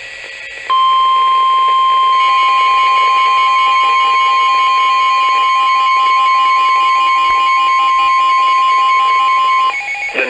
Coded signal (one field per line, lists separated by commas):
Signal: Emergency Alert System (SAME) tones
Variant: 1050 Hz attention tone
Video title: EAS#3